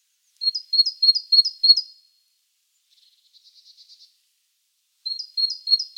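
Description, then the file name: Great tit giving rapid series of high, sharp two-tone notes in bursts, with a softer, fainter run of short notes in the quiet middle stretch. "Parus major"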